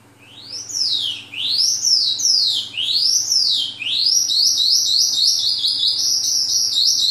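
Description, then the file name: Oriental skylark giving loud arched whistled notes rising and falling about every second, then switching to a rapid high buzzy twitter; quiet hum beneath. Vietnam. "suara kicauan sonca branjangan vietnam. omkicau"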